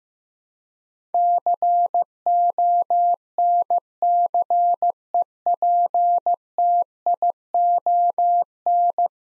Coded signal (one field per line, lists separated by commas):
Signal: Morse code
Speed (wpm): 15 wpm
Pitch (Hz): 700 Hz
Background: none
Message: CONCEPTION